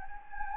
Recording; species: mosquito wingbeat signal from an infrared sensor; Anopheles gambiae